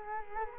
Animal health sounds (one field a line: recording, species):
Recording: mosquito wingbeat signal from an infrared sensor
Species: Culex quinquefasciatus